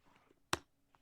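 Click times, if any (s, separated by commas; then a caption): 0.5 s. A battery tray door is pressed all the way into a pacemaker device's housing. It gives one sharp, broadband click at 0.5 s, then a very faint tick near 1.0 s. The tray sits flush and properly closed.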